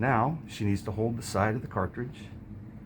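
Someone talks while the side of a plastic ACT test cartridge is held in preparation for flipping its cap shut. Only speech is heard, and nothing has clicked or seated yet.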